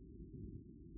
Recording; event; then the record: neck accelerometer signal played as sound; no cough (speech, laughter, throat clearing or background)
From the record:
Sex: male